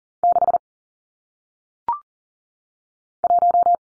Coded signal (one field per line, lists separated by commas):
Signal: Morse code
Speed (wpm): 40 wpm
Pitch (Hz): 700 Hz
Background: none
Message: 6 1